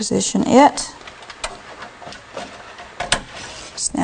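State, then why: Seated. A second plastic power-supply connector is positioned and pushed onto the motherboard header while someone talks. Small taps and plastic contact sounds come first, and the connector snaps into place with a sharp click at about 3.1 seconds.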